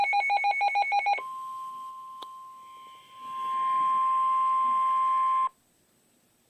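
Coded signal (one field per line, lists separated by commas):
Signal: Emergency Alert System (SAME) tones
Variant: 1050 Hz attention tone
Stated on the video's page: NOAA Weather Radio Flood Warning alert.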